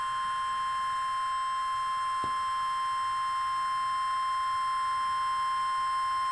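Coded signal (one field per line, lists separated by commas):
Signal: Emergency Alert System (SAME) tones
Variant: 1050 Hz attention tone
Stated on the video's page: Alert tones from a NOAA Weather Radio broadcast.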